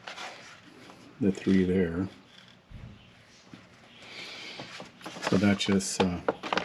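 A plastic engine bay cover on a Kia Sportage HEV AWD SXP is handled and lined up with its numbered mounting posts while someone talks, with faint rubbing and a few small taps near the end. The cover has not snapped into place and nothing has seated or clicked yet.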